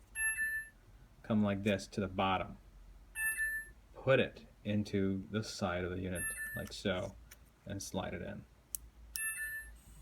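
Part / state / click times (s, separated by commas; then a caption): SD memory card into DVR card slot / seated / 8.8 s, 9.2 s. Someone talks while an SD memory card is slid into the side slot of a small DVR609 video recorder unit and pushed home. Short clicks at 8.8 s and 9.2 s mark the card seating in the slot. The unit then starts up with beeps.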